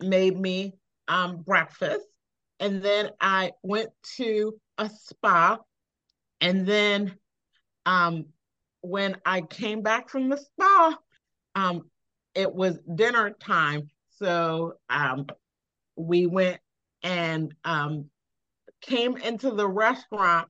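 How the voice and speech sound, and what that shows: Adult female stroke survivor with aphasia speaking. Her speech is non-fluent, with frequent "um" fillers, hesitations and long pauses breaking up short phrases.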